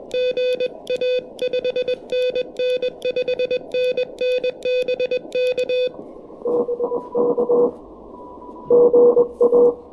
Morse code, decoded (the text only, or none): GA 5NN 5NN BK BK GA